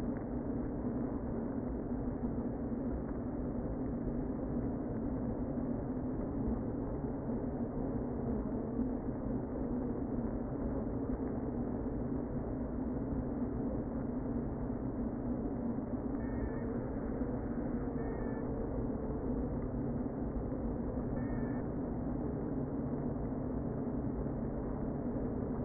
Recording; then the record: honeybee colony, microphone inside the hive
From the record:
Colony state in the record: queen present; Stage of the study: before two queens were removed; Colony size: about 60,000 bees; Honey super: yes